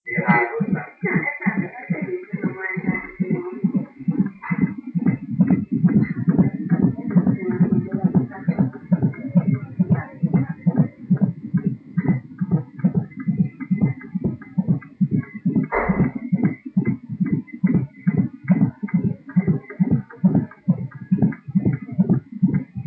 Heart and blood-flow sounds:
fetal heart sounds by stethoscope on the mother's abdomen
0.00-10.00 s: 138 bpm
10.00-20.00 s: 139 bpm
From the record:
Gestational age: 35 weeks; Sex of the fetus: girl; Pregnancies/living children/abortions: 1/0/0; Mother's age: 20 years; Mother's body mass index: 24.3

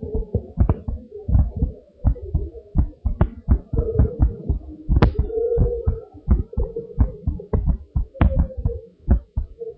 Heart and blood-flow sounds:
heart sounds of a pregnant woman by stethoscope
no fetal heartbeat
From the record:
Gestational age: 37 weeks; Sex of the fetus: boy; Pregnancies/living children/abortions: 2/1/0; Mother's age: 31 years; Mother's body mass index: 38.7

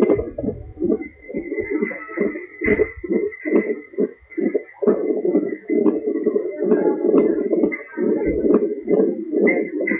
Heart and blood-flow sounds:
fetal heart sounds by stethoscope on the mother's abdomen
0.00-10.00 s: 132 bpm
From the record:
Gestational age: 38 weeks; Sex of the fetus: girl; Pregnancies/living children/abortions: 2/1/0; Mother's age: 31 years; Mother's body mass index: 30.8

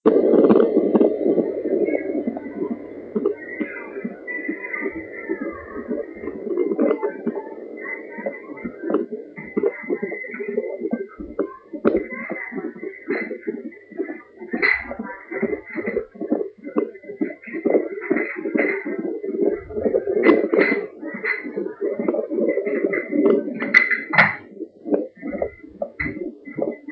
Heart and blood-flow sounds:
fetal heart sounds by stethoscope on the mother's abdomen
0.00-10.00 s: 127 bpm
10.00-20.00 s: 138 bpm
20.00-26.92 s: 144 bpm
From the record:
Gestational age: 39 weeks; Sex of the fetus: girl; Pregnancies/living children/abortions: 1/0/0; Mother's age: 21 years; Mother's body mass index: 22.2

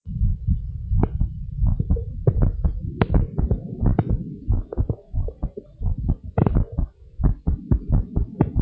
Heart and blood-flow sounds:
heart sounds of a pregnant woman by stethoscope
no fetal heartbeat
From the record:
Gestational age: 38 weeks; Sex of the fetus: boy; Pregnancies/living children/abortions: 2/1/0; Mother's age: 33 years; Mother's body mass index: 31.6

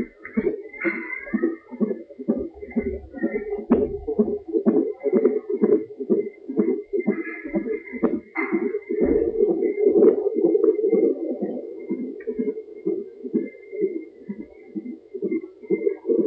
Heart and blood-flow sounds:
fetal heart sounds by stethoscope on the mother's abdomen
0.00-10.00 s: 128 bpm
10.00-16.27 s: 127 bpm
From the record:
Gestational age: 38 weeks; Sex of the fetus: boy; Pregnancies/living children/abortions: 2/1/0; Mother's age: 30 years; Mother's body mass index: 31.1

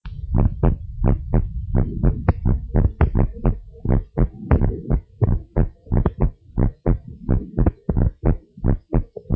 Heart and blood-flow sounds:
heart sounds of a pregnant woman by stethoscope
no fetal heartbeat
From the record:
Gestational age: 39 weeks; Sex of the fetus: boy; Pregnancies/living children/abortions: 1/0/0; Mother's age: 23 years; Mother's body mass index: 29.2

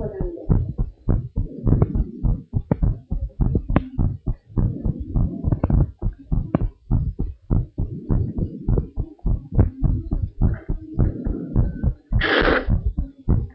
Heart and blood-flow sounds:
heart sounds of a pregnant woman by stethoscope
no fetal heartbeat
From the record:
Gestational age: 34 weeks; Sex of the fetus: girl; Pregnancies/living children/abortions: 3/2/0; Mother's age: 33 years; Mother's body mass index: 26.8

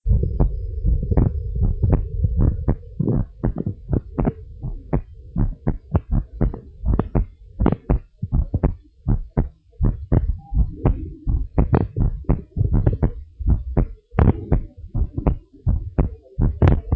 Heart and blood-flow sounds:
heart sounds of a pregnant woman by stethoscope
no fetal heartbeat
From the record:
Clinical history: preeclampsia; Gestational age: 39 weeks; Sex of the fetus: boy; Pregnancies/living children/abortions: 4/1/2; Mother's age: 37 years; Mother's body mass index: 25.5

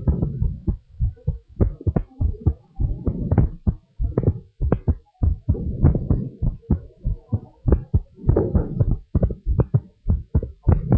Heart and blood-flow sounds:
heart sounds of a pregnant woman by stethoscope
no fetal heartbeat
From the record:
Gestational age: 41 weeks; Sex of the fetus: girl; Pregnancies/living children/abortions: 3/2/0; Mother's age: 33 years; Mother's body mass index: 27.1

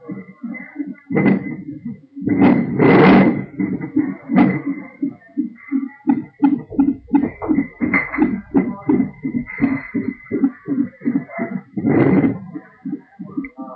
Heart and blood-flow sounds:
fetal heart sounds by stethoscope on the mother's abdomen
0.00-10.00 s: 162 bpm
From the record:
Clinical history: abnormal fetal non-stress test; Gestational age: 36 weeks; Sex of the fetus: girl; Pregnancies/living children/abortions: 1/0/0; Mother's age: 25 years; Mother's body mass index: 30.9

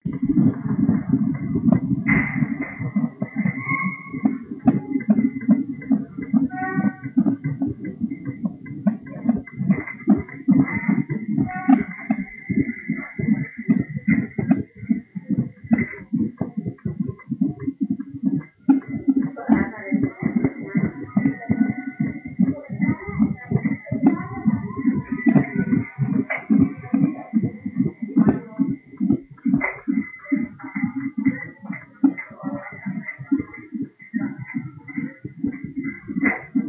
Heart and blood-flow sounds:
fetal heart sounds by stethoscope on the mother's abdomen
0.00-10.00 s: 142 bpm
10.00-20.00 s: 153 bpm
20.00-30.00 s: 144 bpm
30.00-36.69 s: 147 bpm
From the record:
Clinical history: severe change in fetal heart rate, gestational diabetes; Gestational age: 38 weeks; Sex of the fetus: boy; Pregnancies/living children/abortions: 10/0/9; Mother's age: 35 years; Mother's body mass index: 32.9

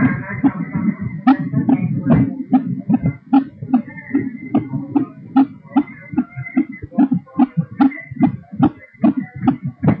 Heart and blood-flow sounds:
fetal heart sounds by stethoscope on the mother's abdomen
0.00-10.00 s: 150 bpm
From the record:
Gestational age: 38 weeks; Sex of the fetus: girl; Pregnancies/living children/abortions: 5/2/2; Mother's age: 35 years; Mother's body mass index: 28.4

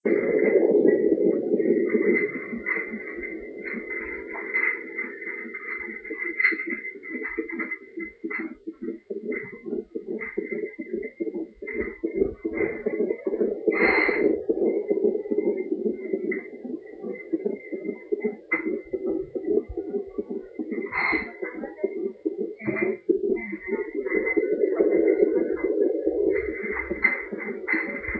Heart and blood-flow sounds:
fetal heart sounds by stethoscope on the mother's abdomen
0.00-10.00 s: 150 bpm
10.00-20.00 s: 152 bpm
20.00-28.20 s: 144 bpm
From the record:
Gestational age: 37 weeks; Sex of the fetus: girl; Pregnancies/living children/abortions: 1/0/0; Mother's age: 42 years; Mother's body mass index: 28.9

